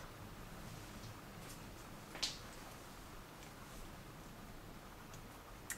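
A small four-pin plastic cable connector for the Y-axis stepper motor is pushed into its header on a Mini Gerbil laser controller board in a K40 laser upgrade. It seats with a short, sharp click at 2.2 s over a low steady background, and a second brief tick follows at 5.7 s.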